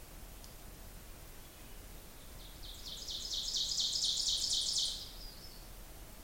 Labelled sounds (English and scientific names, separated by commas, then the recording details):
Ovenbird (Seiurus aurocapilla) song
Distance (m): 40 m
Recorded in boreal forest in Alberta, Canada, on 26 May 2016 at 06:58
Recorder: SongMeter 3, array SBT-3-15
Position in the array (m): 41 m, 279 m
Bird 20